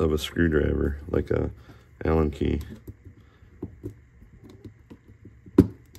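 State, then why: Partly seated. Someone talks while a printed plastic respooler part is pressed into the housing of an LDO Box Turtle filament changer unit with the help of an Allen key, making small ticks and rattles. A single sharp snap at 5.6 s marks one side of the part clipping in, with the other side still to go.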